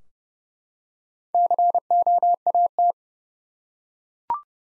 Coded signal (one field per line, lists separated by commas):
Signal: Morse code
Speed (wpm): 30 wpm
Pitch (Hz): 700 Hz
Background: none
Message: COAT